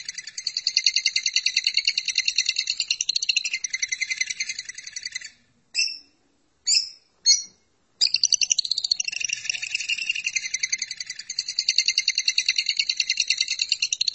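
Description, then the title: Lovebird chatter, long rapid shrill trilling, broken midway by a few short squeaky bursts and gaps, then resuming in a steady, fast pulsing stream. "BM Suara Burung Lovebird"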